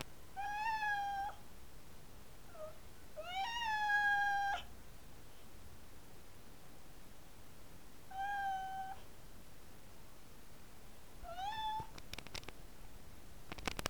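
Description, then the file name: Siberian cat meowing four times, with a soft brief chirp between the first two calls, followed by a few sharp clicks near the end. "Sibirskij Kot - Myaukane"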